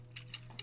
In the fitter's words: and we can fit this onto here and it just clicks right in